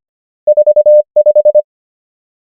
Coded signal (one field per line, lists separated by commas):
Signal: Morse code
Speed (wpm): 25 wpm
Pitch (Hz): 600 Hz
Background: none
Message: 4 5